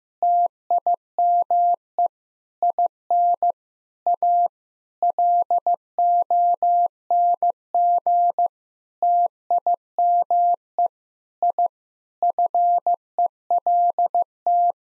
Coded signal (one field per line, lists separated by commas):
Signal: Morse code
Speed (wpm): 15 wpm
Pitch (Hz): 700 Hz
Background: none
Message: TIME IN A LONG TIME I FELT